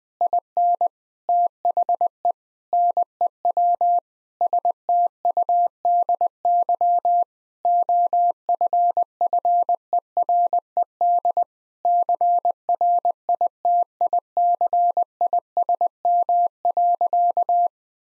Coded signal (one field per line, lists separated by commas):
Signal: Morse code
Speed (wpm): 20 wpm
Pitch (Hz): 700 Hz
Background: none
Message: IN THE NEW STUDY OFFERED CRITICISM.